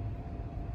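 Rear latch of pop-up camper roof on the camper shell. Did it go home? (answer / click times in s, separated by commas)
no / none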